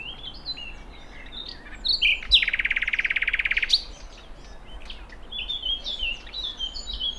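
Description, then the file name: Common nightingale song with varied whistled phrases and a loud rapid buzzy trill midway, followed by softer chirps. "Luscinia megarhynchos"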